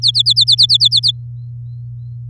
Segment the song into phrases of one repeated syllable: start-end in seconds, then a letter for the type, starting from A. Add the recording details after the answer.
0.02-1.11 A. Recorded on 8 May 2018 at 07:48. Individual llb16